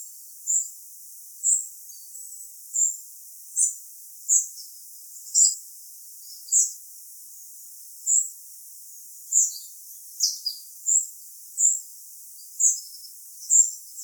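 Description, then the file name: Spotted flycatcher giving a steady series of thin, high-pitched single call notes, roughly one every second, with no other clear sounds. "Gra flugsnappare"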